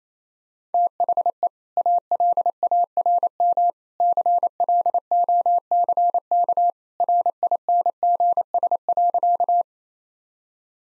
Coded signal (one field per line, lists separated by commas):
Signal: Morse code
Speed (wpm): 27 wpm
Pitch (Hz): 700 Hz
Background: none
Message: THE ALARM CLOCK RINGS.